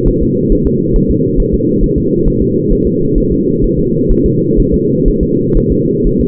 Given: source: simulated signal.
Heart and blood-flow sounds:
fetal heart sounds
0.08 s: S1
0.23 s: S2
0.52 s: S1
0.67 s: S2
0.96 s: S1
1.11 s: S2
1.40 s: S1
1.54 s: S2
1.84 s: S1
1.98 s: S2
2.28 s: S1
2.42 s: S2
2.72 s: S1
2.87 s: S2
3.18 s: S1
3.32 s: S2
3.64 s: S1
3.79 s: S2
4.12 s: S1
4.26 s: S2
4.60 s: S1
4.74 s: S2
5.08 s: S1
5.23 s: S2
5.57 s: S1
5.72 s: S2
6.07 s: S1
6.21 s: S2
From the record:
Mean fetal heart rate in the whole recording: 130 bpm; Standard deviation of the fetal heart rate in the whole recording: 4 bpm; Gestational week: 38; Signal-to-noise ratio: -11.2 dB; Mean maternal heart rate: 72 bpm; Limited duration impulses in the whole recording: present

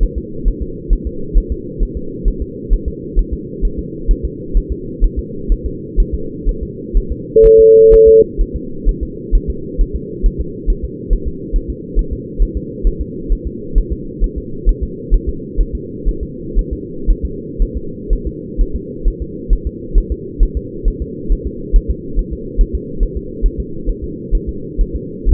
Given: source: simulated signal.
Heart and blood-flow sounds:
fetal heart sounds
0.03 s: S1
0.18 s: S2
0.48 s: S1
0.62 s: S2
0.93 s: S1
1.07 s: S2
1.38 s: S1
1.52 s: S2
1.83 s: S1
1.97 s: S2
2.28 s: S1
2.42 s: S2
2.73 s: S1
2.88 s: S2
3.19 s: S1
3.33 s: S2
3.65 s: S1
3.79 s: S2
4.11 s: S1
4.25 s: S2
4.57 s: S1
4.72 s: S2
5.04 s: S1
5.19 s: S2
5.52 s: S1
5.66 s: S2
6.00 s: S1
6.14 s: S2
6.49 s: S1
6.63 s: S2
6.97 s: S1
7.12 s: S2
7.46 s: S1
7.60 s: S2
7.94 s: S1
8.08 s: S2
8.41 s: S1
8.56 s: S2
8.89 s: S1
9.03 s: S2
9.35 s: S1
9.50 s: S2
9.81 s: S1
9.96 s: S2
10.26 s: S1
10.40 s: S2
10.70 s: S1
10.84 s: S2
11.13 s: S1
11.27 s: S2
11.56 s: S1
11.70 s: S2
11.99 s: S1
12.13 s: S2
12.42 s: S1
12.57 s: S2
12.87 s: S1
13.01 s: S2
13.32 s: S1
13.47 s: S2
13.78 s: S1
13.93 s: S2
14.24 s: S1
14.38 s: S2
14.69 s: S1
14.83 s: S2
15.14 s: S1
15.29 s: S2
15.61 s: S1
15.75 s: S2
16.09 s: S1
16.23 s: S2
16.59 s: S1
16.73 s: S2
17.10 s: S1
17.25 s: S2
17.62 s: S1
17.77 s: S2
18.13 s: S1
18.27 s: S2
18.61 s: S1
18.76 s: S2
19.08 s: S1
19.22 s: S2
19.53 s: S1
19.67 s: S2
19.98 s: S1
20.12 s: S2
20.43 s: S1
20.57 s: S2
20.88 s: S1
21.02 s: S2
21.32 s: S1
21.47 s: S2
21.76 s: S1
21.90 s: S2
22.19 s: S1
22.33 s: S2
22.61 s: S1
22.75 s: S2
23.03 s: S1
23.17 s: S2
23.46 s: S1
23.60 s: S2
23.89 s: S1
24.04 s: S2
24.35 s: S1
24.49 s: S2
24.81 s: S1
24.95 s: S2
25.29 s: S1
From the record:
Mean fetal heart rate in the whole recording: 130 bpm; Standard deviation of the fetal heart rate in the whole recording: 4 bpm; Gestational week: 38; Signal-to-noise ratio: -4.3 dB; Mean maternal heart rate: 72 bpm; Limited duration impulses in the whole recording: present

